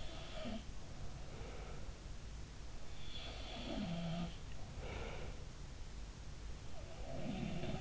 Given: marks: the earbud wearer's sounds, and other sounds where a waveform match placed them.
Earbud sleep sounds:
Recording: sounds in sleep by an in-ear microphone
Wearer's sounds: breath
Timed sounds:
0.00-0.78 s: sound from someone else or the room
3.17-4.57 s: sound from someone else or the room
4.79-5.45 s: breath
6.76-7.81 s: sound from someone else or the room

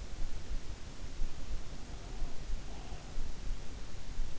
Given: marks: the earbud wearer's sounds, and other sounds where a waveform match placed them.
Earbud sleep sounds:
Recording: sounds in sleep by an in-ear microphone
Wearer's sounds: breath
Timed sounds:
1.78-3.59 s: breath

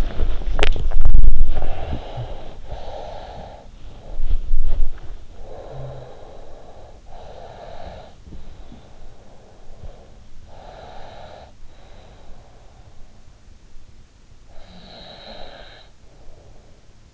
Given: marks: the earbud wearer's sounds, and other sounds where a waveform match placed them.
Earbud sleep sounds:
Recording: sounds in sleep by an in-ear microphone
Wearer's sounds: swallowing, breath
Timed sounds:
0.00-2.67 s: swallowing
2.67-12.90 s: breath
13.91-17.05 s: breath

